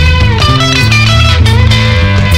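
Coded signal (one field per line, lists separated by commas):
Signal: none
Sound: guitar notes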